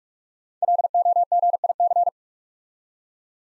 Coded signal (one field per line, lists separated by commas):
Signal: Morse code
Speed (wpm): 45 wpm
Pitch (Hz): 700 Hz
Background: none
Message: LOGIC